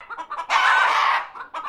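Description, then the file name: Chicken clucking briefly, then letting out a loud, harsh squawk of under a second before returning to a short cluck. Japanese chickens squawking and clucking. "BIRD CHICKENS JAPANESE SQUWARK CLUCK"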